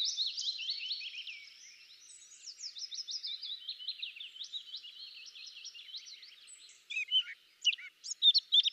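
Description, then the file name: Eurasian blackcap giving a quick, chattering high warble, steady and fairly soft, ending in a few louder, clearer notes. "Sylvia atricapilla"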